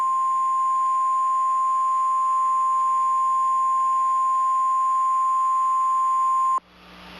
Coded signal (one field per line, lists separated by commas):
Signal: Emergency Alert System (SAME) tones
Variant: 1050 Hz attention tone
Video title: Tornado Warning EAS - Tornado Warning for Daviess, Greene, and Martin County in Indiana.